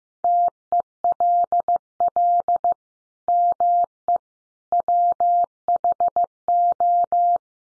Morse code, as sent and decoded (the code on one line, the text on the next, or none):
- . .-.. .-.. / -- . / .-- .... ---
TELL ME WHO